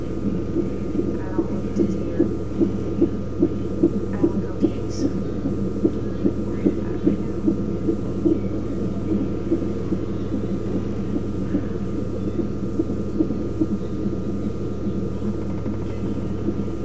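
Rapid, regular soft whooshing pulses at about 146 a minute over a steady low electrical hum: a fetal heartbeat, at a rate within the usual fetal range of roughly 110 to 160 beats a minute, recorded in Hopewell, Virginia.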